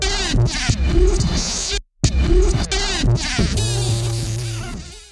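Mud dauber wasp droning buzz, coarse and wavering, briefly cut off near the middle, then settling into a steadier tone that fades out.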